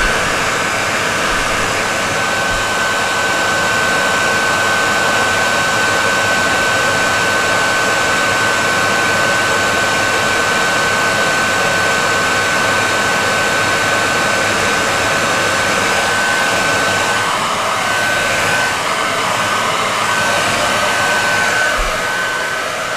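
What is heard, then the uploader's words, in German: A hair dryer blows with a steady, dense rushing whoosh and a thin high whine, its tone wavering slightly near the end. Fön-Geräusche.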